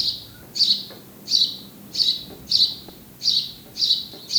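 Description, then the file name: House sparrow giving a series of several bright chirps. "Passer domesticus"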